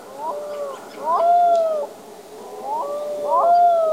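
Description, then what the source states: Black-throated loon wailing in two drawn-out phrases, each sliding up, then holding and falling. Unusual night call unlike the normal call: the characteristic loon call followed by a wolf-like howl; first heard in 2021 during a river walk; nicknamed 'wolf loon'.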